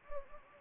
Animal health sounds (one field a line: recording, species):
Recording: mosquito wingbeat signal from an infrared sensor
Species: Anopheles gambiae